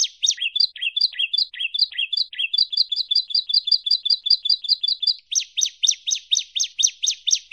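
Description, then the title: Bar-winged prinia song: a series of high chirped notes, first in varied swooping phrases, then a steadier run, ending with a run of sharper, evenly spaced notes. "Kicau Ciblek Kristal"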